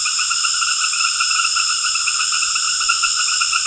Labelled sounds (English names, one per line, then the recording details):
none
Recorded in secondary vegetation near Puerto Asís, Putumayo, Colombia, on 12 March 2025 at 19:00
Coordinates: 0.488, -76.319
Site G095